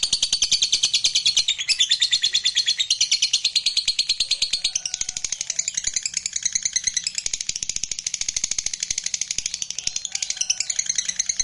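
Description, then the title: Lovebird song, a fast continuous chattering trill of rapid pulses, shifting in pitch and tone throughout. Lovebird sound meant to stimulate a lazy, reluctant lovebird into singing spontaneously and eagerly. "LOVEBIRD Malas Bunyi JADI GREGET SPONTAN Langsung NARIK"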